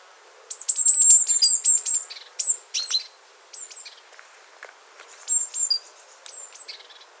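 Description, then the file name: Great tit calls: rapid runs of high, sharp, downslurred notes in two bursts with a short pause, quiet background. "Parus major"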